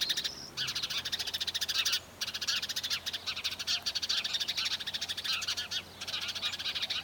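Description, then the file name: House sparrows chirping continuously, a dense chatter of many short, rapid notes overlapping, with brief pauses near two seconds and six seconds. "Passer domesticus"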